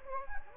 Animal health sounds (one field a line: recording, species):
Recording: mosquito wingbeat signal from an infrared sensor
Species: Anopheles gambiae